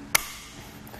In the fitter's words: When you hear the audible click, it's going to let you know it's torqued to the correct specifications.